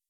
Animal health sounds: hydrophone in a shrimp aquaculture tank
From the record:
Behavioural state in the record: weakened

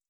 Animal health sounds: hydrophone in a shrimp aquaculture tank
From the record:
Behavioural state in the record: feeding

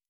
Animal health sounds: hydrophone in a shrimp aquaculture tank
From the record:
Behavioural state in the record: feeding

